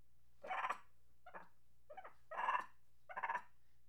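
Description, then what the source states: Monkey giving soft, gruff chattering bursts, five uneven grunting phrases over a steady low hum. Angry monkey chattering.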